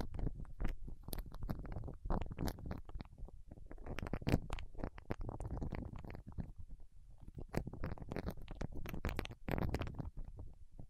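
Fingertips work through soft wax, making a dense run of wet, squishy squelches and sticky little pops. The sounds come in quick, irregular bursts with no real pause, mostly low and gurgling, with brief sharper clicks flashing through now and then.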